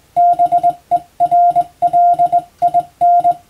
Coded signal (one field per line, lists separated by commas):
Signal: Morse code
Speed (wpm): 20 wpm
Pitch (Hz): 700 Hz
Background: none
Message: BERLIN